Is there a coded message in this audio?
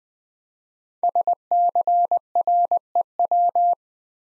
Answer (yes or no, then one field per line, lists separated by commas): yes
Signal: Morse code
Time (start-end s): 1.0-3.7 s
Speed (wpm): 20 wpm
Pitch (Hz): 700 Hz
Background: none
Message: SCREW